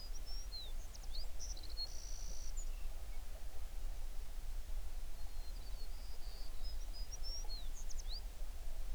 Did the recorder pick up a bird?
yes